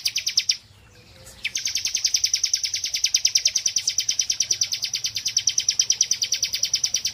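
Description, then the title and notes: Prinia song of rapid, rhythmic buzzy high notes, briefly broken and then continued steadily to the end. Prenjak song used as a long masteran (bird-training) and therapy recording. "Masteran Terapi Prenjak Durasi Panjang. Burung Prenjak"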